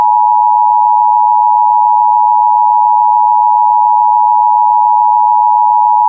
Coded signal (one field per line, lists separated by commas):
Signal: Emergency Alert System (SAME) tones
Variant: 853 and 960 Hz attention tone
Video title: Coronavirus Civil Alert for Michigan- EAS Unedited 3/23/20 (REAL, ACTUAL EAS!)